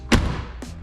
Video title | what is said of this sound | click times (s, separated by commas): FIXING MY TRUCKS BIGGEST ISSUES | really well clicks into place | 0.1 s